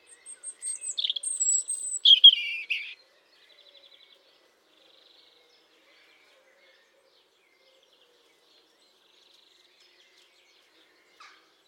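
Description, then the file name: European robin gives one brief phrase of high whistles and a tumbling warble, then quiet follows, broken only by a faint short note near the end. "Erithacus rubecula"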